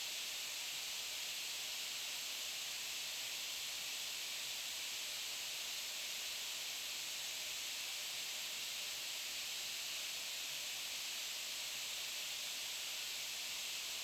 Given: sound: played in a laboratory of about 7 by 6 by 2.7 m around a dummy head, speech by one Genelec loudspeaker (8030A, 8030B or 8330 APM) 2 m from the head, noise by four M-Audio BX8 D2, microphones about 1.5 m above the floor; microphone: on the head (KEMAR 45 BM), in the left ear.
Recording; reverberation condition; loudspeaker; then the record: white noise; high; four, about 170 cm from the corners of the room and facing them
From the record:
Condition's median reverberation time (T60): about 1300 ms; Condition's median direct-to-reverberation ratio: about -4.0 dB